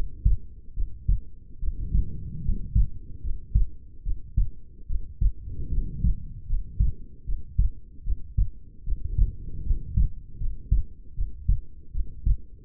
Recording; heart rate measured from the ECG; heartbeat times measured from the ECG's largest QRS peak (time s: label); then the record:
heart sounds by stethoscope; 75 bpm
0.74 s: heartbeat
1.59 s: heartbeat
2.42 s: heartbeat
3.21 s: heartbeat
4.03 s: heartbeat
4.87 s: heartbeat
5.70 s: heartbeat
6.47 s: heartbeat
7.24 s: heartbeat
8.03 s: heartbeat
8.84 s: heartbeat
9.63 s: heartbeat
10.38 s: heartbeat
11.14 s: heartbeat
11.91 s: heartbeat
From the record:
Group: healthy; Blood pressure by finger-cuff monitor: 102/63 mmHg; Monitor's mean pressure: 82 mmHg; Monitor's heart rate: 74 bpm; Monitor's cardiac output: 7.1 L/min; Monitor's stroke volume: 95 mL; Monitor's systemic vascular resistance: 830 dyn s/cm5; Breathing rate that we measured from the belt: 17 breaths a minute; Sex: female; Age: 22 years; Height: 160 cm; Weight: 45 kg